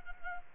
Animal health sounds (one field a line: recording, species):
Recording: mosquito wingbeat signal from an infrared sensor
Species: Culex pipiens